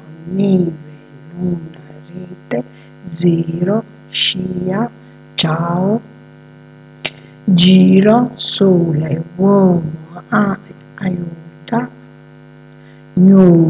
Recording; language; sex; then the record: read list of words; Italian; female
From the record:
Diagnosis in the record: healthy control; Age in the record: 62 years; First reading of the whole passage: 101 s, 4.7 characters per second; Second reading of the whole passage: 77 s, 5.9 characters per second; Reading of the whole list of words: 66 s, 3.9 characters per second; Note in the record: marked for poor recording quality or reading difficulty